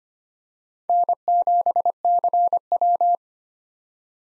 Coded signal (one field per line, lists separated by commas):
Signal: Morse code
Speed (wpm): 25 wpm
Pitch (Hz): 700 Hz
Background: none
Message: N7CW